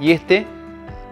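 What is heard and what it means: Someone talks as the plastic hanging hook on the second of two 20 V flashlights is handled, ready to swing into the detent lock on the flashlight body, over a steady tonal background. The hook has not yet clicked into its lock.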